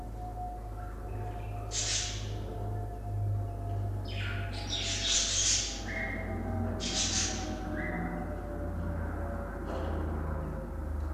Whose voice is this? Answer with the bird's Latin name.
Melopsittacus undulatus